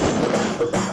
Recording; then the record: coughing mixed with background sound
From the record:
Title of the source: Cough Around the Clock!